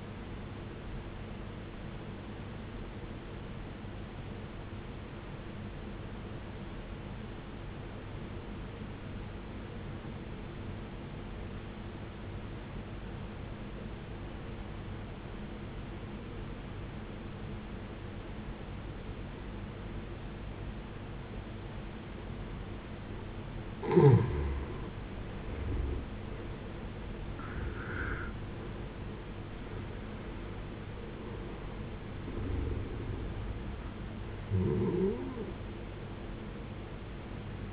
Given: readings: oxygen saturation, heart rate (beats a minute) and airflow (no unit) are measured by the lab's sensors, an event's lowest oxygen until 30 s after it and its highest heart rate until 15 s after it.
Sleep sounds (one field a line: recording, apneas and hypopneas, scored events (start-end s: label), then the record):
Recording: breathing in sleep by a voice recorder at the bedside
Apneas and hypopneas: 1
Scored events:
7.00-23.60 s: obstructive apnea (N1, oxygen 92% highest, then 73% lowest, heart rate 64 at the start, 81 highest)
From the record:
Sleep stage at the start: N1 (lightest sleep)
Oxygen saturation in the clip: 75 to 92%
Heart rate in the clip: 56 to 81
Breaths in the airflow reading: 5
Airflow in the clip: -13.9 to 14.6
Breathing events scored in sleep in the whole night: 389 in 6.3 hours asleep